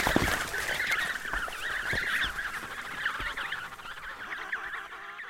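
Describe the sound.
Emperor penguin chicks giving a dense chorus of warbling, whistled calls that rise and fall quickly, many overlapping, with a few low thumps underneath.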